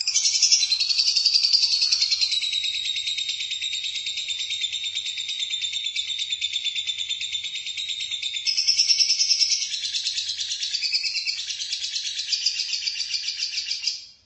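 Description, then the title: Lovebird chattering song: a continuous, rapid, buzzy trill of high notes that is loudest at the start and again around nine seconds, running without a break throughout. "BM Suara Burung Lovebird"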